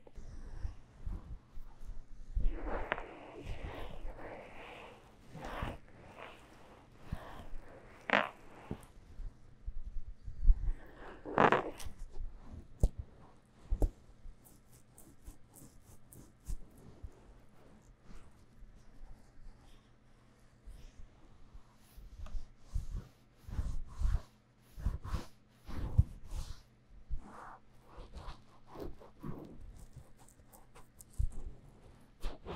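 Sticky aloe gel is worked around an ear in a massage, giving bursts of wet, squelching and rubbing sounds. The bursts come in uneven clusters, densest in the first ten seconds and again near the end, with sharp taps and a faint low hum between them.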